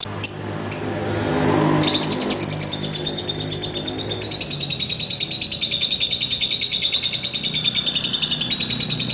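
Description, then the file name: Lovebird song starting with a few isolated high notes, then a steady rapid train of shrill chirps; low background hum throughout. "audio lovebird putri mentaya"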